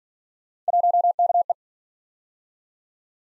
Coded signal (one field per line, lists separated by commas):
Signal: Morse code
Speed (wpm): 49 wpm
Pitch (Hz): 700 Hz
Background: none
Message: 1KE